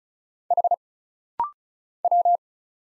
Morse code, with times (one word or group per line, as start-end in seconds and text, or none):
0.5-0.7 H
2.0-2.4 W